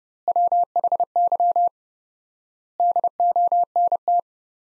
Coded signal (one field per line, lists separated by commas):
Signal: Morse code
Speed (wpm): 30 wpm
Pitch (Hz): 700 Hz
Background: none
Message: WHY DONT